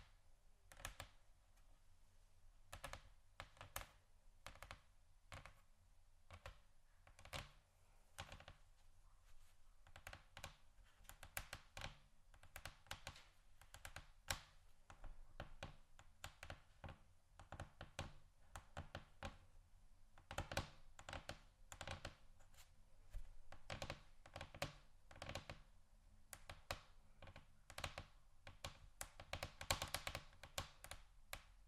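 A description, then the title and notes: Fingers tap on a table surface in quick, irregular bursts, each tap a short bright click. The tapping runs throughout with uneven spacing, growing denser and slightly louder after about twenty seconds, over a faint steady hiss. Tap & Scratch On Table Surfaces.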